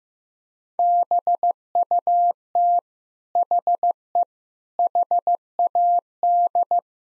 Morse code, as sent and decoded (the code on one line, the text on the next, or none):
-... ..- - / .... . / .... .- -..
BUT HE HAD